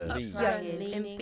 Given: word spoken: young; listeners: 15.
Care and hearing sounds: one English word in noise, from a listening test; four-talker babble; -1.1 dB; 2 of 15; 10 of 15; 0.82 s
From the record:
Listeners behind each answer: 10, 2, 1, 1, 1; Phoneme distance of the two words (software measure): 38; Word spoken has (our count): 1 syllable, 3 phonemes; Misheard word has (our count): 2 syllables, 5 phonemes, stress on syllable 2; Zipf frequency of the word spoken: 5.51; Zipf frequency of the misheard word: 3.65

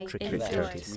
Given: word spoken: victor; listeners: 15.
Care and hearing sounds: one English word in noise, from a listening test; four-talker babble; -2.6 dB; 0 of 15; 10 of 15; 0.57 s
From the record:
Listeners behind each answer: 10, 1, 1, 1, 1, 1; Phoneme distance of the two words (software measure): 34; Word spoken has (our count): 2 syllables, 5 phonemes, stress on syllable 1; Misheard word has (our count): 2 syllables, 5 phonemes, stress on syllable 1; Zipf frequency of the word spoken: 3.95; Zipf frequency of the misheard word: 4.51

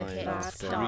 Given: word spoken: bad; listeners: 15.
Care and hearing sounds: one English word in noise, from a listening test; four-talker babble; -2.8 dB; 0 of 15; 6 of 15; 0.48 s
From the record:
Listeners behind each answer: 6, 2, 1, 1, 1, 1, 1, 1, 1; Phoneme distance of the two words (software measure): 30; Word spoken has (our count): 1 syllable, 3 phonemes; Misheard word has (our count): 1 syllable, 3 phonemes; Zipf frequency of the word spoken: 5.56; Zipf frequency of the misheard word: 4.44

